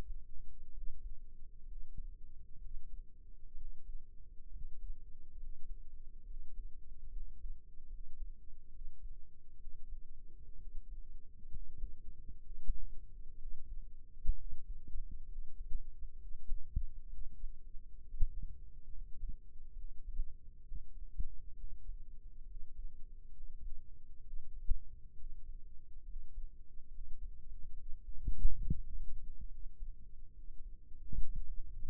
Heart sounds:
heart sounds by microphone in the right ear; 67 bpm
0.71 s: heartbeat
1.65 s: heartbeat
2.59 s: heartbeat
3.54 s: heartbeat
4.49 s: heartbeat
5.36 s: heartbeat
6.24 s: heartbeat
7.10 s: heartbeat
7.88 s: heartbeat
8.70 s: heartbeat
9.57 s: heartbeat
10.57 s: heartbeat
11.49 s: heartbeat
12.40 s: heartbeat
13.36 s: heartbeat
14.35 s: heartbeat
15.26 s: heartbeat
16.17 s: heartbeat
17.09 s: heartbeat
18.02 s: heartbeat
18.89 s: heartbeat
19.74 s: heartbeat
20.62 s: heartbeat
21.54 s: heartbeat
22.44 s: heartbeat
23.31 s: heartbeat
24.21 s: heartbeat
25.14 s: heartbeat
26.03 s: heartbeat
26.88 s: heartbeat
27.74 s: heartbeat
28.61 s: heartbeat
29.48 s: heartbeat
30.33 s: heartbeat
31.18 s: heartbeat
From the record:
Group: healthy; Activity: rest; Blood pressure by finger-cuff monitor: 107/71 mmHg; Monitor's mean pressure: 83 mmHg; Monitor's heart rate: 67 bpm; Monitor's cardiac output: 5.7 L/min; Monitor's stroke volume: 86 mL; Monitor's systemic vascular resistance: 1070 dyn s/cm5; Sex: male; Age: 22 years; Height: 181 cm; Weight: 79 kg

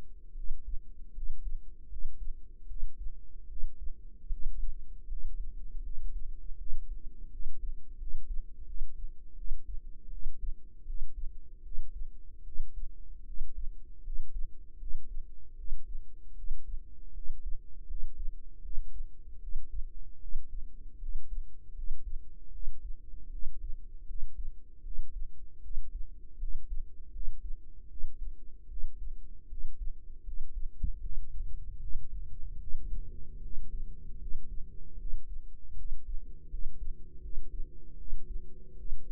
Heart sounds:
heart sounds by microphone in the right ear; 78 bpm
0.33 s: heartbeat
1.11 s: heartbeat
1.87 s: heartbeat
2.65 s: heartbeat
3.46 s: heartbeat
4.28 s: heartbeat
5.06 s: heartbeat
5.81 s: heartbeat
6.56 s: heartbeat
7.28 s: heartbeat
7.96 s: heartbeat
8.64 s: heartbeat
9.34 s: heartbeat
10.08 s: heartbeat
10.83 s: heartbeat
11.61 s: heartbeat
12.42 s: heartbeat
13.23 s: heartbeat
14.01 s: heartbeat
14.77 s: heartbeat
15.55 s: heartbeat
16.33 s: heartbeat
17.11 s: heartbeat
17.85 s: heartbeat
18.60 s: heartbeat
19.38 s: heartbeat
20.18 s: heartbeat
20.97 s: heartbeat
21.72 s: heartbeat
22.50 s: heartbeat
23.29 s: heartbeat
24.04 s: heartbeat
24.81 s: heartbeat
25.60 s: heartbeat
26.37 s: heartbeat
27.10 s: heartbeat
27.86 s: heartbeat
28.66 s: heartbeat
29.46 s: heartbeat
30.22 s: heartbeat
30.99 s: heartbeat
31.78 s: heartbeat
32.57 s: heartbeat
33.39 s: heartbeat
34.17 s: heartbeat
34.96 s: heartbeat
35.74 s: heartbeat
36.47 s: heartbeat
37.19 s: heartbeat
37.95 s: heartbeat
38.74 s: heartbeat
From the record:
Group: healthy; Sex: female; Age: 19 years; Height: 163 cm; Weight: 48.9 kg

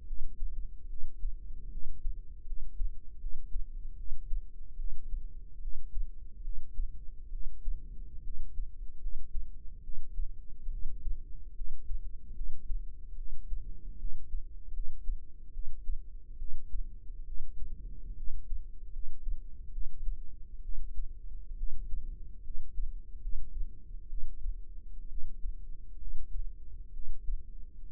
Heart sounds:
heart sounds by microphone in the right ear; 71 bpm
0.05 s: heartbeat
0.88 s: heartbeat
1.70 s: heartbeat
2.45 s: heartbeat
3.19 s: heartbeat
3.96 s: heartbeat
4.77 s: heartbeat
5.60 s: heartbeat
6.42 s: heartbeat
7.30 s: heartbeat
8.22 s: heartbeat
8.99 s: heartbeat
9.82 s: heartbeat
10.70 s: heartbeat
11.54 s: heartbeat
12.34 s: heartbeat
13.16 s: heartbeat
13.97 s: heartbeat
14.72 s: heartbeat
15.52 s: heartbeat
16.38 s: heartbeat
17.25 s: heartbeat
18.15 s: heartbeat
18.91 s: heartbeat
19.71 s: heartbeat
20.62 s: heartbeat
21.56 s: heartbeat
22.42 s: heartbeat
23.19 s: heartbeat
24.08 s: heartbeat
25.07 s: heartbeat
25.98 s: heartbeat
26.92 s: heartbeat
27.88 s: heartbeat
From the record:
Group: healthy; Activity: rest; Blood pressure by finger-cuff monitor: 106/73 mmHg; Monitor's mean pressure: 84 mmHg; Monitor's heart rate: 73 bpm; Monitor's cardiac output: 5.9 L/min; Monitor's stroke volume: 82 mL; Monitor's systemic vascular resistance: 1020 dyn s/cm5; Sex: female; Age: 22 years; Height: 157 cm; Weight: 47.6 kg

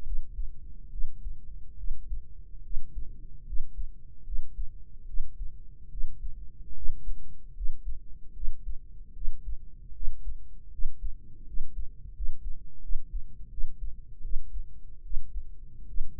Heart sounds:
heart sounds by microphone in the right ear; 76 bpm
0.02 s: heartbeat
0.88 s: heartbeat
1.74 s: heartbeat
2.60 s: heartbeat
3.43 s: heartbeat
4.23 s: heartbeat
5.04 s: heartbeat
5.88 s: heartbeat
6.72 s: heartbeat
7.52 s: heartbeat
8.32 s: heartbeat
9.12 s: heartbeat
9.91 s: heartbeat
10.69 s: heartbeat
11.44 s: heartbeat
12.12 s: heartbeat
12.79 s: heartbeat
13.48 s: heartbeat
14.20 s: heartbeat
15.01 s: heartbeat
15.85 s: heartbeat
From the record:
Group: healthy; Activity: rest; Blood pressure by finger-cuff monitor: 113/70 mmHg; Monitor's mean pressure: 82 mmHg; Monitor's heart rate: 73 bpm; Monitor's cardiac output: 5.8 L/min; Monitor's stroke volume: 81 mL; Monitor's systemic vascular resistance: 1010 dyn s/cm5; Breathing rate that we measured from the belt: 15 breaths a minute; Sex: female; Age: 23 years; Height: 160 cm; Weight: 50.4 kg

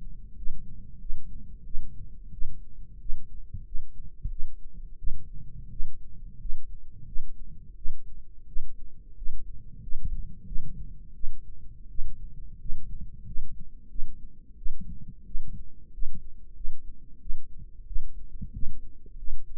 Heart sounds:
heart sounds by microphone in the right ear; 89 bpm
0.36 s: heartbeat
1.00 s: heartbeat
1.65 s: heartbeat
2.32 s: heartbeat
3.00 s: heartbeat
3.65 s: heartbeat
4.30 s: heartbeat
4.98 s: heartbeat
5.71 s: heartbeat
6.40 s: heartbeat
7.06 s: heartbeat
7.76 s: heartbeat
8.47 s: heartbeat
9.16 s: heartbeat
9.82 s: heartbeat
10.46 s: heartbeat
11.14 s: heartbeat
11.89 s: heartbeat
12.59 s: heartbeat
13.26 s: heartbeat
13.89 s: heartbeat
14.57 s: heartbeat
15.25 s: heartbeat
15.92 s: heartbeat
16.55 s: heartbeat
17.20 s: heartbeat
17.86 s: heartbeat
18.53 s: heartbeat
19.17 s: heartbeat
From the record:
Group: healthy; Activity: rest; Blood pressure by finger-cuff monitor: 120/76 mmHg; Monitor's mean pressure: 87 mmHg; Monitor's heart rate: 90 bpm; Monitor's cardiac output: 7 L/min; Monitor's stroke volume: 78 mL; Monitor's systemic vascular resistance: 910 dyn s/cm5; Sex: female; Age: 22 years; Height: 163 cm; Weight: 67.1 kg

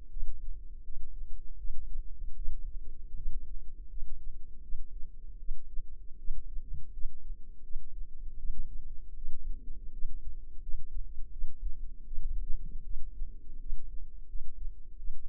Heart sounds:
heart sounds by microphone in the left ear; 81 bpm
0.09 s: heartbeat
0.83 s: heartbeat
1.56 s: heartbeat
2.35 s: heartbeat
3.15 s: heartbeat
3.88 s: heartbeat
4.61 s: heartbeat
5.38 s: heartbeat
6.17 s: heartbeat
6.91 s: heartbeat
7.62 s: heartbeat
8.36 s: heartbeat
9.14 s: heartbeat
9.91 s: heartbeat
10.60 s: heartbeat
11.31 s: heartbeat
12.05 s: heartbeat
12.83 s: heartbeat
13.59 s: heartbeat
14.27 s: heartbeat
14.97 s: heartbeat
From the record:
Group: healthy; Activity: rest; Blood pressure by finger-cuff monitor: 106/74 mmHg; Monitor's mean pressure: 85 mmHg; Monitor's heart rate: 80 bpm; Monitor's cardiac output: 6.7 L/min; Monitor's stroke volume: 84 mL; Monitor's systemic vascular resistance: 930 dyn s/cm5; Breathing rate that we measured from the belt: 18 breaths a minute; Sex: female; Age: 22 years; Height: 160 cm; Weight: 45 kg

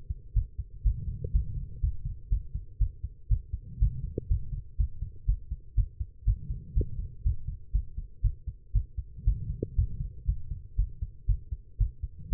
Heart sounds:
heart sounds by stethoscope; 120 bpm
0.34 s: heartbeat
0.83 s: heartbeat
1.33 s: heartbeat
1.81 s: heartbeat
2.30 s: heartbeat
2.79 s: heartbeat
3.29 s: heartbeat
3.80 s: heartbeat
4.29 s: heartbeat
4.78 s: heartbeat
5.26 s: heartbeat
5.76 s: heartbeat
6.25 s: heartbeat
6.75 s: heartbeat
7.24 s: heartbeat
7.72 s: heartbeat
8.22 s: heartbeat
8.73 s: heartbeat
9.25 s: heartbeat
9.76 s: heartbeat
10.26 s: heartbeat
10.76 s: heartbeat
11.27 s: heartbeat
11.78 s: heartbeat
12.30 s: heartbeat
From the record:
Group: healthy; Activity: rest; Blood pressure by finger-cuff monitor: 143/77 mmHg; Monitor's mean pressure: 93 mmHg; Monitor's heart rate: 121 bpm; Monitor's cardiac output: 9.6 L/min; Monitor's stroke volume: 79 mL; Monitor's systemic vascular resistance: 710 dyn s/cm5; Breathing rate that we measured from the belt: 21 breaths a minute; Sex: female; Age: 19 years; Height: 163 cm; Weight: 51 kg

